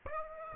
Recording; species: mosquito wingbeat signal from an infrared sensor; Aedes aegypti